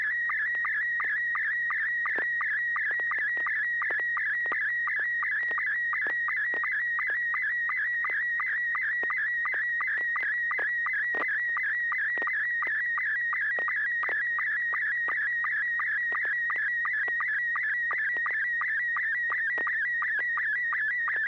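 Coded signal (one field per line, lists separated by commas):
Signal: SSTV (slow-scan television)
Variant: MR90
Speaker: Yeah, I've got uh I've got an image loaded up. N6 YG MR90.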